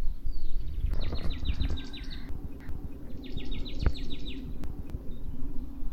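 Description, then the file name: Marsh tit with two short, rapid runs of high, chattering notes close together, over continuous low-frequency rumble. "Poecile palustris"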